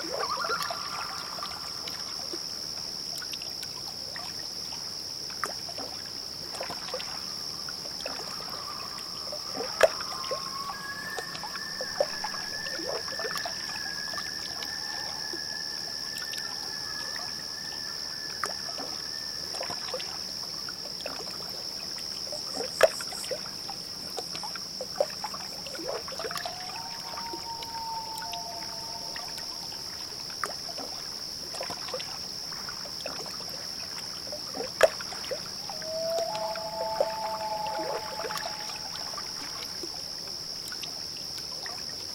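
Loons call far off across a still lake at night, long wavering wails drifting in every few seconds, some rising and sliding in pitch. A steady high insect chorus hums throughout, with soft water lapping and small clicks.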